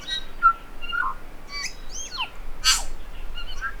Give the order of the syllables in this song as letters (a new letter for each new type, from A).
A B C D E F G